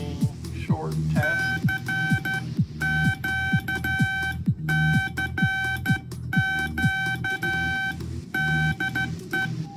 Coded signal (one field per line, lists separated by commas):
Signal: Morse code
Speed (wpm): 12 wpm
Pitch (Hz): 1550 Hz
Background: speech, music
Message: CQ CQ DE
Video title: My Morse code practice oscillator